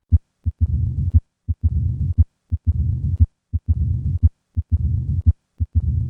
Atrial Myxoma. Left lateral position. Change in this murmur with a change in body position is the hallmark of a mobile tumor such as a left atrial myxoma. The sound in early diastole is a tumor plop as opposed to an opening snap, and its delay after the second heart sound increases significantly from.